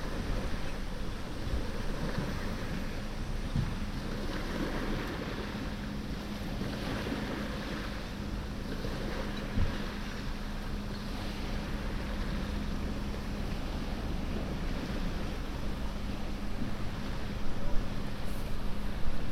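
Outdoor ambience recorded near a lighthouse on the coast, a steady, dense wash of wind and surf with a heavy low rumble. A low engine-like hum, perhaps a passing boat, runs through the middle, and the sound swells slightly near the end.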